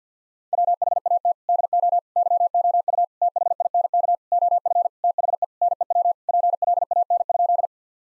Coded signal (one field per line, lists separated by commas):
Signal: Morse code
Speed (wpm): 50 wpm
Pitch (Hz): 700 Hz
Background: none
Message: WHAT DO YOU THINK OF THE NEW PLAN?